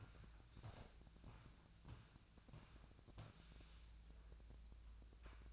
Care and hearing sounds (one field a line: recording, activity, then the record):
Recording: daily activity, microphone in the room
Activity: walk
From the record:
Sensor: 2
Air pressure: 1012.1 hPa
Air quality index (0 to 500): 172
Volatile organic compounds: 2 ppm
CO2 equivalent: 1259 ppm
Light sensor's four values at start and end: 42/112/47/53 and 43/113/48/53